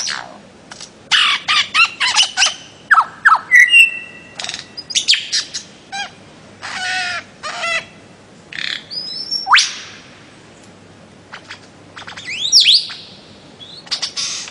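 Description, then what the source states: Bird-of-paradise song of harsh squawks, clicks and whistles in quick succession, with a sharp upward sweep and a sweeping down-slur. Master song used for training songbirds.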